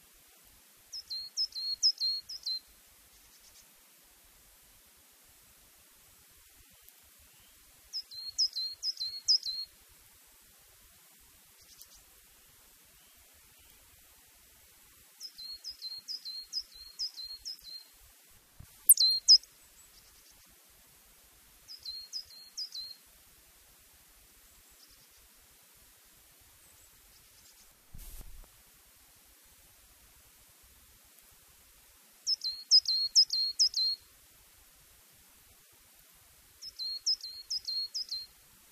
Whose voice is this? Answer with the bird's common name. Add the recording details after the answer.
Coal Tit. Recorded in the wild. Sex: male. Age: adult. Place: Gräfenberg, Bayern, DE. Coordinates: 49.665, 11.2611. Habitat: forest. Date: 1963-04-21. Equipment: Nagra, AKG D19/200, Original, Vollspur. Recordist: Tretzel, Erwin. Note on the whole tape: Buchwald bei Gräfenberg: Tannenmeise: Schwirrgesang und Rufe (Drohtriller, "zitawizitawi...", "zitá zitä", "fsi-tä...")